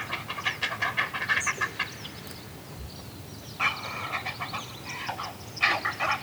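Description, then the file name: Great blue heron calls: bursts of rapid, harsh, stuttering pulses in two runs separated by a quieter pause, ending in a louder squawk. "Great Blue Heron Ardea herodias"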